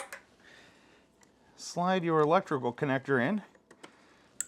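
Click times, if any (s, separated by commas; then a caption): 4.4 s. While reinstalling the gas tank on an M8 Lowrider ST motorcycle, the tank's plastic fuel tank wiring connector is slid into its mating harness plug and pushed home. Someone talks over faint ticks, and then a sharp click at 4.4 s signals that the connector has seated.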